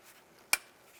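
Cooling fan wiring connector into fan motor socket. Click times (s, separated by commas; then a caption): 0.5 s. A plastic electrical connector for the radiator cooling fan wiring is pushed into the fan motor socket on a 2001-2005 Honda Civic. A single sharp, bright click sounds at 0.5 s against a quiet background, and the connector is seated.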